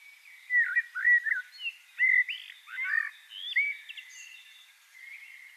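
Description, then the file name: Eurasian blackbird delivering a steady string of melodious, slurred whistles over a soft background hiss. "Turdus merula"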